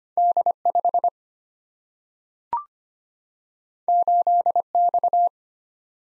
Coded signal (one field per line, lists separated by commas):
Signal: Morse code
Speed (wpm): 25 wpm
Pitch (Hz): 700 Hz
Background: none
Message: D5 8X